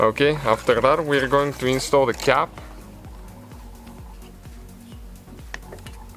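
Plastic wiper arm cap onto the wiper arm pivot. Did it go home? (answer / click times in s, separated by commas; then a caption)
yes / 5.5 s. Someone talks for about the first 2.5 seconds, then a plastic cover cap is pushed down over the wiper arm pivot nut on a BMW. After a quiet stretch with a faint steady background, a short sharp click at 5.5 seconds marks the cap snapping on and seating.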